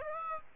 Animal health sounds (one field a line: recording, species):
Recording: mosquito wingbeat signal from an infrared sensor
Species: Aedes aegypti